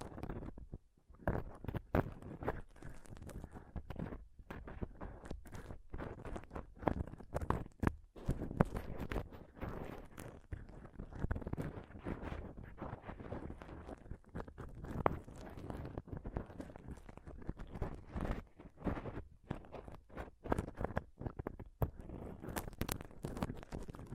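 Mic scratching and touching, a dense, restless stream of rough rubs and quick taps that fills all 24 seconds with brief near-silent breaks.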